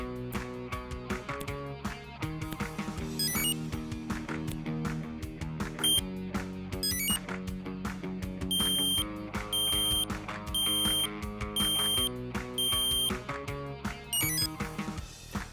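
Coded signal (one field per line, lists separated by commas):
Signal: beep code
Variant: Cuda reflex sight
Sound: rising chime, then about 5 long high beeps, then another chime, over music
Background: background music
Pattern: 5 long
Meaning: Battery level is between 80 and 100 percent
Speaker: My sight beeped five times which tells me my battery level is between 80 and 100 percent.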